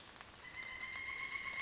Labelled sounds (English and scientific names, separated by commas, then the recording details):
Pileated Woodpecker (Dryocopus pileatus)
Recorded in Sonoma County, California